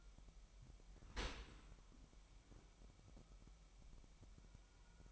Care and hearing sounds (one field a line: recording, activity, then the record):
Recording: daily activity, microphone in the room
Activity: open dishwasher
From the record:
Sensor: 1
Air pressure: 998.2 hPa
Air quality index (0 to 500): 139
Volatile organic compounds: 4 ppm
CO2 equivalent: 1667 ppm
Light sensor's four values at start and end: 16/54/21/22 and 16/54/21/22